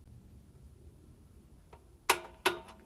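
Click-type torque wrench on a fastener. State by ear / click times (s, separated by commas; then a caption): torque reached / 2.1 s, 2.5 s. A click-type torque wrench is pulled on a fastener, with its setting raised 5 ft-lb at a time. After quiet low hum and a faint tap near 1.7 s, the wrench gives two sharp, loud clicks at 2.1 s and 2.5 s, confirming it has reached its setting.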